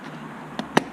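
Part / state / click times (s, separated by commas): USB charging port part into the device housing / seated / 0.8 s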